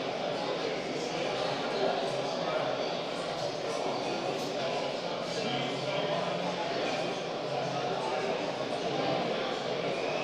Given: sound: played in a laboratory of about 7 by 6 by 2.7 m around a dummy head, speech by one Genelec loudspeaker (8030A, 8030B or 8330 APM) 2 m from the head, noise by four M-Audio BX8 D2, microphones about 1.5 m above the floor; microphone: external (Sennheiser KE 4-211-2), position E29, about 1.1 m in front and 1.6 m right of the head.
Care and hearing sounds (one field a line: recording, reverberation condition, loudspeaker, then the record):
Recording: cafeteria noise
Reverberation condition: high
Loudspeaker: four, about 170 cm from the corners of the room and facing them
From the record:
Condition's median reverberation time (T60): about 1300 ms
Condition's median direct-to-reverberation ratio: about -4.0 dB